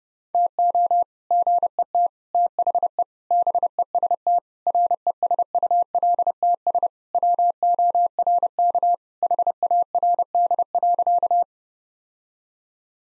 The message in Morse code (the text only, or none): TO GET THE BEST RESULTS WORK HARD.